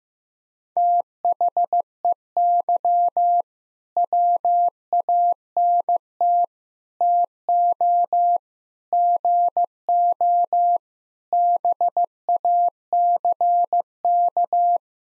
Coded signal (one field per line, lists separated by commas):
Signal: Morse code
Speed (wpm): 15 wpm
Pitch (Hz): 700 Hz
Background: none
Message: THEY WANT TO GO BACK